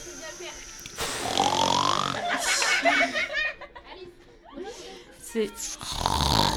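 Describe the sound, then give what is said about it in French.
A person mimics loud snoring with their voice, drawn-out rasping snorts that rise and fall over several seconds, with bursts of laughter-like sounds mixed in. “C'était un ronflement très très juste qu'on a eu ici.”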